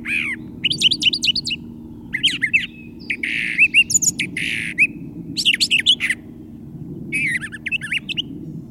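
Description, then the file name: Brown thrasher continuous song of varied phrases, buzzy chatter and whistled slurs, frequent paired repeats, with a constant low background hum. "suara-kicauan-brown-trasher omkicau"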